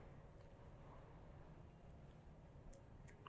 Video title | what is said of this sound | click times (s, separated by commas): Special Offer for Advanced Training and Mentoring Nov 2025 | Tight. tight, but no click. | none